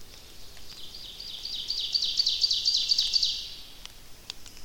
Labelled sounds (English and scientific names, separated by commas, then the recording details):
Ovenbird (Seiurus aurocapilla) song
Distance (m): 50 m
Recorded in boreal forest in Alberta, Canada, on 29 May 2016 at 06:48
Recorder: SongMeter 3, array SBT-3-49
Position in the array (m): 106 m, 143 m
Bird 15